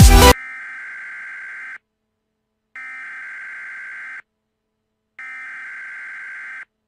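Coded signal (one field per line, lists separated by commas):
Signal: Emergency Alert System (SAME) tones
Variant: header bursts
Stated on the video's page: Fictional EAS scenario about a hail storm and tornado outbreak.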